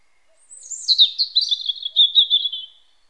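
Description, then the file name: European robin song: a high descending sweep sliding into a long, thin, trilling warble held at a steady pitch, fading at the end. "Erithacus rubecula"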